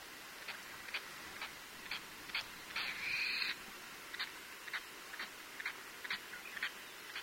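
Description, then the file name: Latham's snipe giving sharp calls, repeated about twice a second, with a brief louder burst midway through. "oojishigi"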